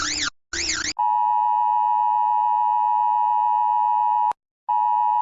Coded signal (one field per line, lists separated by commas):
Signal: Emergency Alert System (SAME) tones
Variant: 853 and 960 Hz attention tone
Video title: The EAS Alarms Of Crepzil And It’s States + Capital